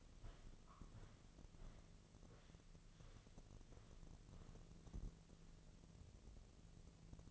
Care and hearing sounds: daily activity, microphone in the room; walk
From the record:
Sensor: 4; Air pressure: 1006.2 hPa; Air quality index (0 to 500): 86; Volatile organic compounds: 2 ppm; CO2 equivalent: 1062 ppm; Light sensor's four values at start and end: 12/27/10/10 and 12/27/10/10

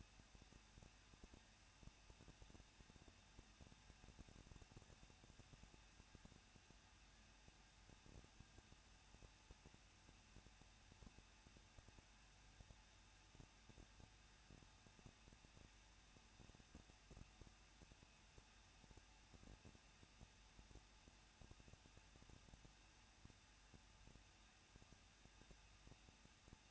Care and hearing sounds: daily activity, microphone in the room; no activity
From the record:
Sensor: 2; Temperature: 21.0 degrees Celsius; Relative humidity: 37.3%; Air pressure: 1006.4 hPa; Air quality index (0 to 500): 221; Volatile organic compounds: 23 ppm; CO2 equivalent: 2786 ppm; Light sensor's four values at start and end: 2/3/2/2 and 2/3/2/2

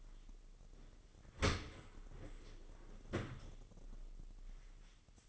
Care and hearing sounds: daily activity, microphone in the room; open dishwasher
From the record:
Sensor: 4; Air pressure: 996.5 hPa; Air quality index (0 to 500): 88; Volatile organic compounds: 4 ppm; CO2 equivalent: 1700 ppm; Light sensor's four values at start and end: 20/53/21/23 and 20/56/22/23

